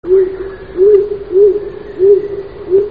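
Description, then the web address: Stock dove cooing, a low hollow coo repeated about every two-thirds of a second, each phrase rising slightly and falling, with nothing else clearly heard. "Oisellerie Galan. Pigeon Colombin"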